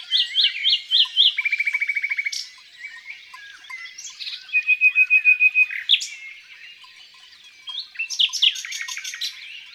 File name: Rossignol philomele Chants doiseaux dans la campagne